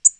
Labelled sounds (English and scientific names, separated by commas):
Tennessee Warbler (Leiothlypis peregrina) flight call